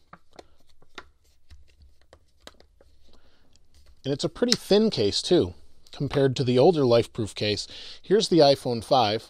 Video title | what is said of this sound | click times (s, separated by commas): Lifeproof iPhone 5 Case Review | Just snaps into place like this. | 0.1 s, 1.0 s, 2.1 s, 2.5 s